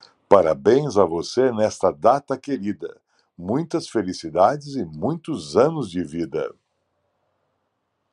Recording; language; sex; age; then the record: short text; Brazilian Portuguese; male; 50 to 59 years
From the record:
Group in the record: control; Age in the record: 57 years